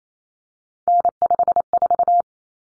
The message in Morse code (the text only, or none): N54